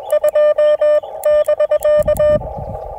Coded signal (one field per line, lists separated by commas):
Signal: Morse code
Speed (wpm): 22 wpm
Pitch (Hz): 600 Hz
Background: none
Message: 2 <BK>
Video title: A Must See! Can Cast Iron make an antenna? Watch as I chase POTA